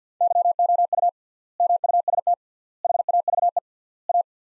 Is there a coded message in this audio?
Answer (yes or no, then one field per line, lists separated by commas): yes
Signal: Morse code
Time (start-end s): 0.2-4.2 s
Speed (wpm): 50 wpm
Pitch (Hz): 700 Hz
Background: none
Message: YOU MUST HAVE A